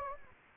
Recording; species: mosquito wingbeat signal from an infrared sensor; Anopheles gambiae